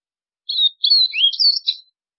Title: Canto Do Golinha